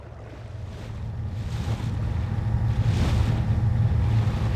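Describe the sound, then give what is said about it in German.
A boat rides the open sea in the middle of the ocean, its steady low engine rumble mixed with washing waves and gusts of wind buffeting the microphone, building slightly louder over a few seconds with no voices. “Was sollen wir hier mitten auf dem Ozean?”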